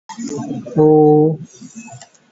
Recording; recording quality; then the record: sustained vowel as in boot; moderate, slight background noise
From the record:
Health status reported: COVID-19 positive, mild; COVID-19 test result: positive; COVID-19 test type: RT-PCR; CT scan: not taken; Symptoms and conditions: cough, fatigue, diarrhoea, hypertension, diabetes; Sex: male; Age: 66 years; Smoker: no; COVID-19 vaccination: both doses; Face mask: not worn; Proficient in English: yes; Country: India